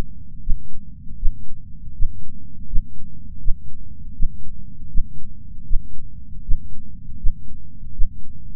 Heartbeat.